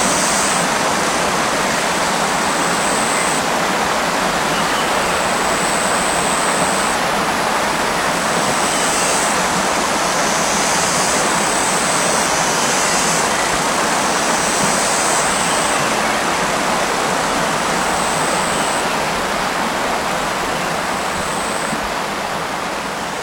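A small stream runs steadily, a dense, even rush of water that holds unchanged for the whole stretch. Above it, high thin insect trills come in short bursts every couple of seconds, faint against the flowing water.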